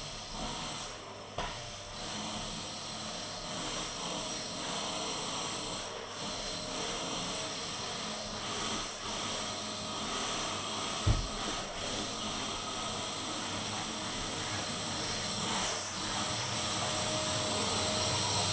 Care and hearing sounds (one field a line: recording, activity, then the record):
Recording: daily activity, microphone in the room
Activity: vacuum cleaning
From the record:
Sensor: 4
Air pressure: 1000.1 hPa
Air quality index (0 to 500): 232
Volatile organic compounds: 32 ppm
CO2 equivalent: 2992 ppm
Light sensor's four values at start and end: 9/21/8/8 and 8/18/7/7